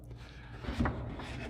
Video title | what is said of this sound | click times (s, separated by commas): Refurbishing the Windscreen Washer Reservoir, Pumps and Sensor in an Aston Martin DB9 | we just need to pop out this side one | 0.9 s